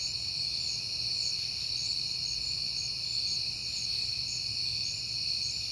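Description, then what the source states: Crickets keep up an even, high-pitched chorus through the whole stretch, with quiet low rumble underneath. Recorded at night in September on a peaceful night; the recordist had been hearing crickets a lot that month.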